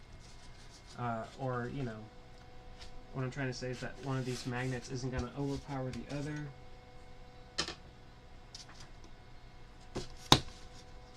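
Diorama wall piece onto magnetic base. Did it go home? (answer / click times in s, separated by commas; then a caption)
yes / 10.3 s. A diorama wall piece is pressed onto its magnetic foundation base while someone talks. A few faint knocks follow, then a sharp magnetic snap at 10.3 s as the piece seats. It stays attached and stands up on its own.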